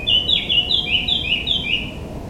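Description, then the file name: Blackcap song of bright, mellow whistled notes, swinging between two pitch levels in a rapid, lively phrase that fades at the end; faint hiss behind. "Sylvia atricapilla"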